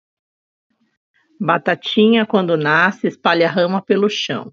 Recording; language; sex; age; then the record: short text; Brazilian Portuguese; female; 30 to 39 years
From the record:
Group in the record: control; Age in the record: 39 years